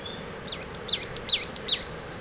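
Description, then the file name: Marsh tit calling: a quick series of several sharp, high, downslurred notes, each hooking downward, over faint steady background noise. "Poecile palustris"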